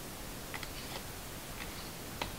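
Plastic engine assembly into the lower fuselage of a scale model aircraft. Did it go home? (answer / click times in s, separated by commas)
no / none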